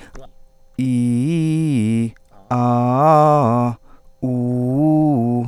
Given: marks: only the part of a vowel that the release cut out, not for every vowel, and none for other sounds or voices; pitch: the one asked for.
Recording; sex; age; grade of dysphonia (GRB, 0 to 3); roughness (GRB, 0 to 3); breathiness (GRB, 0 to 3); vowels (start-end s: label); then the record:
sustained vowels; male; 30 to 39 years; 0; 0; 0
0.87-1.97 s: vowel /i/, low-high-low pitch
2.59-3.64 s: vowel /a/, low-high-low pitch
4.32-5.36 s: vowel /u/, low-high-low pitch
From the record:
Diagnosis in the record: healthy voice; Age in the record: 34 years